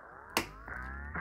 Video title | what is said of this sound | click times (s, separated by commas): How to Clean Your PC - Alienware Aurora R7 | you know you installed it correctly when you hear a click | 0.4 s